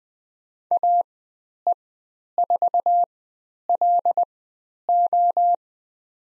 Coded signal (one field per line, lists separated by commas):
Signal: Morse code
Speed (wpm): 20 wpm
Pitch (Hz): 700 Hz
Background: none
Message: AE4LO